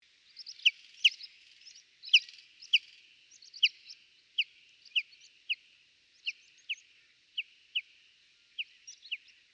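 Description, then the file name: Common chaffinch calls: a series of short, sharp, high notes repeated many times at a steady pace. "Fringilla coelebs"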